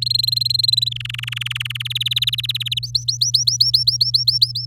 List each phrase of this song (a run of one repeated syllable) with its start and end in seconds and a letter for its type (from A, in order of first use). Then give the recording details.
0.01-0.89 A, 0.91-1.82 B, 1.85-2.79 C, 2.83-4.66 D. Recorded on 6 May 2018 at 05:40. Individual llb16